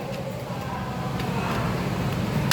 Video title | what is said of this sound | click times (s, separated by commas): Kalikot videos | tulak. Nakalock na po yan. | 2.5 s